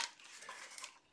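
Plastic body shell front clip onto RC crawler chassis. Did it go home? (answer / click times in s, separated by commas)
yes / 0.8 s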